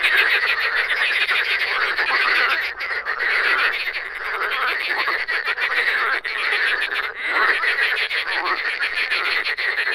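Dense frog chorus, overlapping rattling croaks forming a steady wall of sound with small momentary breaks.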